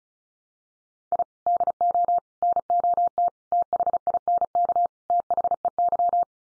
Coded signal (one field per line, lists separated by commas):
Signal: Morse code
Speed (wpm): 34 wpm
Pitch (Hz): 700 Hz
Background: none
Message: I DO NOT THINK THEY